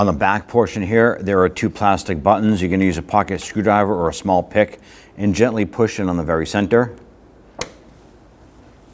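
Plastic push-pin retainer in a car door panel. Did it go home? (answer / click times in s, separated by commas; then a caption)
released / 7.6 s. Someone talks while working on a plastic push-pin retainer in the door panel of a 1992–1996 Toyota Camry, one of two plastic buttons on the back portion. Its center is pushed in gently with a pocket screwdriver or small pick. A sharp click at 7.6 s marks the retainer released.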